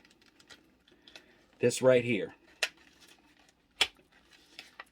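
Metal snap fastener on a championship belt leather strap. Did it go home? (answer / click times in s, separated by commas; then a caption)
partly / 2.6 s, 3.8 s. Metal snap fasteners on the leather strap of a replica TNA tag team championship belt made by Top Shelf Championship Belts are pressed shut. Loud clicks land at 2.6 s and 3.8 s amid small handling ticks, and someone talks briefly around 1.7–2.2 s. The snaps click but will not stay closed.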